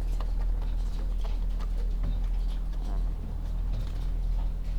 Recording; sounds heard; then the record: poultry house recording; sick chickens (respiratory disease)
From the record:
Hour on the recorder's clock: 16